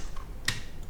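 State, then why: Seated. A part on a pistol or replica pistol is moved into position and seats with one sharp, bright click at 0.5 s. A faint, softer tick comes just before, at 0.2 s. Otherwise there is only low background noise, and the part clicks nicely into place.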